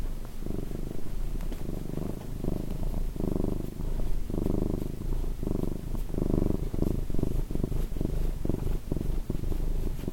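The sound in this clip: Cat purr, a loud low rumble in uneven breath-length bursts with short gaps between them, and light clicking sounds.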